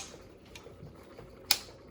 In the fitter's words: and so you hear a click to so now